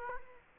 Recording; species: mosquito wingbeat signal from an infrared sensor; Culex quinquefasciatus